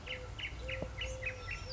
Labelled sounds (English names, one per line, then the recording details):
Eurasian Collared Dove
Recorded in Sonoma County, California